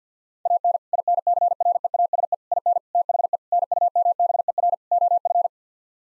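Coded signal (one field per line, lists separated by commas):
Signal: Morse code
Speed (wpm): 50 wpm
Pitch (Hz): 700 Hz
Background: none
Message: AN INCREASE IN THE NUMBER OF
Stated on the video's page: Head-copy practice: sets of six-word common phrases sent in Morse at 50 wpm, each sent, spoken, then sent again.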